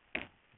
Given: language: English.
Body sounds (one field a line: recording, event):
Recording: throat vibration sensor signal played as sound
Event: cough